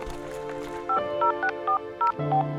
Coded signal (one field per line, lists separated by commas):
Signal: DTMF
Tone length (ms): 110 ms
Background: music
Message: 50640